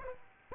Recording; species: mosquito wingbeat signal from an infrared sensor; Aedes aegypti